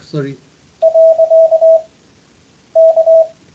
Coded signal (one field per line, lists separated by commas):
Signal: Morse code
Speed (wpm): 20 wpm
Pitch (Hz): 660 Hz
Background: speech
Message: .K